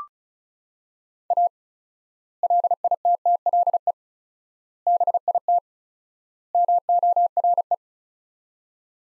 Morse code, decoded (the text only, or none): A LITTLE BIT MORE